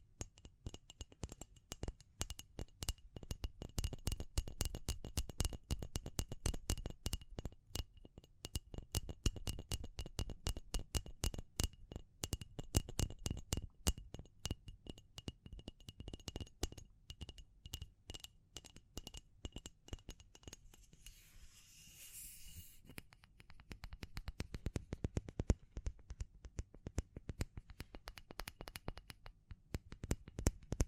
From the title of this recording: Tapping & Scratching